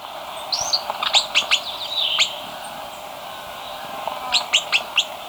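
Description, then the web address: Jelski's chat-tyrant calls: thin, high chirping notes given in quick clusters of three or four, a pause, then another short burst near the end. Ecuador. "Birds of Ecuador 3-12 Jelski's Chat-Tyrant"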